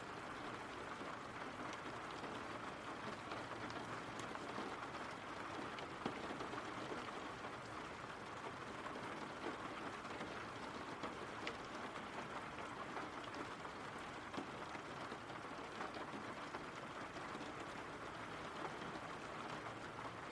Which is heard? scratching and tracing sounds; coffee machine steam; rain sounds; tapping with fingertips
rain sounds